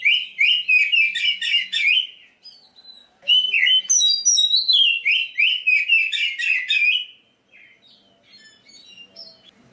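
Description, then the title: Oriental magpie-robin song: two loud bursts of rapid, slurred whistled notes repeated several times a second, separated by a short pause, then faint chirps. Black-breasted form of the magpie-robin. "Kacer dada hitam"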